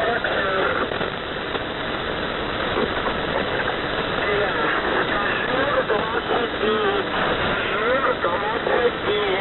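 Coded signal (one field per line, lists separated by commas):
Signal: coded military voice message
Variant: The Squeaky Wheel, Russian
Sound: a male voice reading words through heavy hissing shortwave static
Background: radio static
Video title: The Squeaky Wheel | 15th August 2023 | "Dlya" Voice Message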